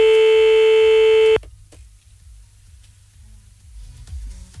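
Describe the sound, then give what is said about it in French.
A loud, steady telephone ringing tone with a buzzy, harmonic-rich pitch sounds once for over a second as a man is called back, then cuts off, leaving a low, faint line hum and murmur. “On va donc le rappeler.”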